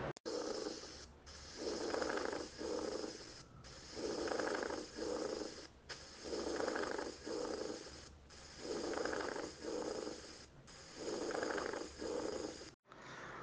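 Pleural friction rub heard over the chest by stethoscope: a creaking sound like stepping on dry leaves, recurring with each breath at about 26 per minute and louder on inspiration. It arises from frictional resistance as the parietal and visceral pleura slide, when the pleural surfaces are irregular or thickened by inflammatory or neoplastic cells or fibrin deposits. It is best heard in the lower axillary regions.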